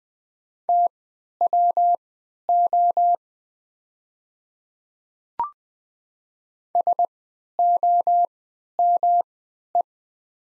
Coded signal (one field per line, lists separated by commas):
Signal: Morse code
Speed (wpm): 21 wpm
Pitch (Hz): 700 Hz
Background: none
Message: TWO SOME